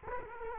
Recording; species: mosquito wingbeat signal from an infrared sensor; Culex quinquefasciatus